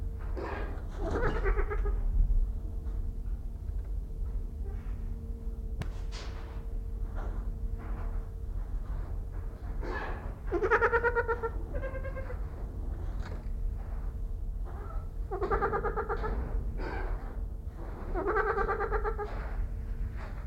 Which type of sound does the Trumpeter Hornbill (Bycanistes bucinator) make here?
call